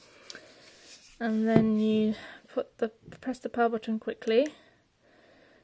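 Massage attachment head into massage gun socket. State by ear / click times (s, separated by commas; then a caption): seated / 0.3 s. A massage attachment head is pushed into the front socket of a Sanitas SMG26 handheld massage gun and clicks into place at 0.3 s, seating it. A steady tonal sound follows from about 1.2 to 2.1 s, then someone talks.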